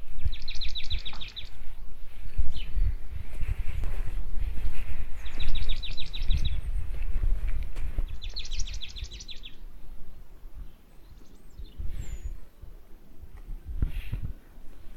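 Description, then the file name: Marsh tit calls: three rapid, rattling series of high repeated notes, each about a second long, over a steady low rumble of background noise. "Poecile palustris"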